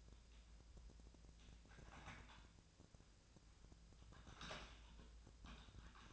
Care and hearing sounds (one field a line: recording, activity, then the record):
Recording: daily activity, microphone in the room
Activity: typing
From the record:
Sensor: 2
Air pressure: 1000.0 hPa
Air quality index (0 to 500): 129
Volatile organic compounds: 2 ppm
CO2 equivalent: 1105 ppm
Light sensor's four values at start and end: 25/62/27/30 and 25/62/26/30